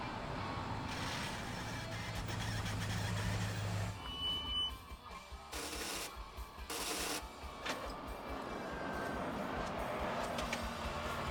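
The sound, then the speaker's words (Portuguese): A vehicle rolls up with a steady low engine rumble. Partway through come a few loud bursts of hissing, rushing noise, then the engine keeps idling. “Carro maneiro.”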